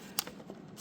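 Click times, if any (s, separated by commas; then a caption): 0.2 s. A second two-pin wiring connector is set on top and slid onto its mating socket during a FIAT 500 transmission mount replacement. It clicks in sharply at 0.2 s, followed by a few fainter clicks and handling noise. The connector seats with a positive lock.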